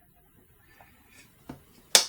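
The second plastic piece of a block-style lamp is pressed into the lamp's body. A few faint handling sounds and a small tick come first, then a loud, sharp snap at 1.9 s as the piece seats.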